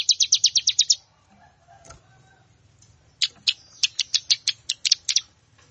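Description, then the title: Plain prinia song: a quick run of high, buzzy chipping notes for about a second, a pause, then a second, more uneven burst of similar sharp notes. "Ciblek Sawah"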